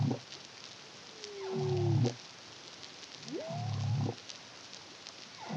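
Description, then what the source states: Humpback whale song with deep grunting pulses and a gliding moan that falls, then a rising swoop, over a crackling underwater background. Caribbean, CARIMAM project, 2023.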